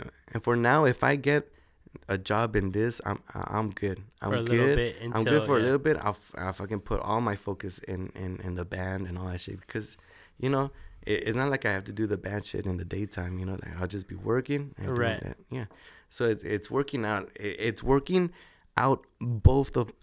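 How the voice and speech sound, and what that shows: Casual conversational speech from an adult man with repeated words and phrases ("I'm, I'm good", "in, in, in the band"), consistent with mild stuttering. He has stuttered since childhood and had speech therapy; he still stutters but no longer blocks (muscles tensing so he cannot finish a sentence), using strategies such as diaphragm breathing and sliding words together.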